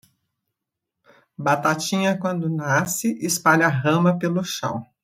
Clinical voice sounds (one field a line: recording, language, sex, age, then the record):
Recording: short text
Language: Brazilian Portuguese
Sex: female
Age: 60 to 69 years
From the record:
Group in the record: control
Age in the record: 69 years